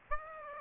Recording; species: mosquito wingbeat signal from an infrared sensor; Aedes aegypti